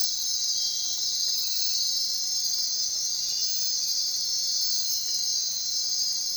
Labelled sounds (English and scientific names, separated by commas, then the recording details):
none
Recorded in secondary vegetation near Puerto Asís, Putumayo, Colombia, on 23 June 2025 at 02:00
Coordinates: 0.499, -76.323
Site G077